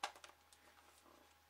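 A lens with a plastic mount is lined up white dot to white dot with the mount of a Canon EOS 70D (W) DSLR body and handled, with a sharp tap near 0.0 s and smaller ones around 0.2 s and 0.5 s over a faint low hum. Nothing has seated or clicked yet; the lens is not yet twisted home.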